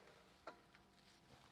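A free-wheeling hub dial on a front wheel hub is turned to lock, and the hub lock gives a sharp click at 0.5 s as it seats into the locked position. Fainter ticks follow around 0.8 s and 1.6 s over a low steady hiss.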